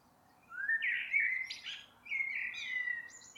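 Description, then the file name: Eurasian blackbird singing two rich, fluted warbling phrases, each ending in a brief high-pitched squeaky flourish. "Turdus merula"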